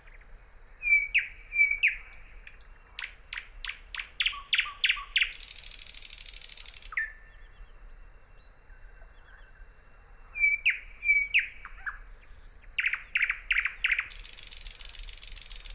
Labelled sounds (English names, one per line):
Thrush Nightingale song